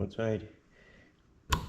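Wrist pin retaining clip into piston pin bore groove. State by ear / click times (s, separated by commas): seated / 1.5 s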